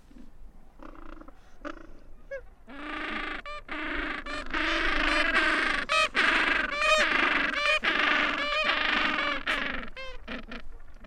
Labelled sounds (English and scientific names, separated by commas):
Gentoo Penguin (Pygoscelis papua) call